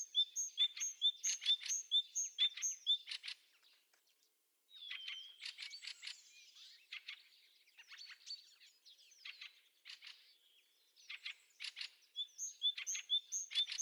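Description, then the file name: Great tit giving fast repeated metallic pink notes, then a long stretch of scratchy, buzzy scolding notes, with the clear pinging returning at the end. "Parus major"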